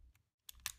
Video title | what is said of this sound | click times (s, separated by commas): eBEFOREi Reviews: Transformers WHEELJACK - MP-20 Masterpiece | then snap the back just like that | 0.5 s, 0.7 s